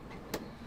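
A window stay ratchet on a Kon-Tiki 874 motorhome window clicks into its second hold position at 0.3 s as the window is opened further. The single sharp click stands out against a steady low background rumble, and the window is held in its second position.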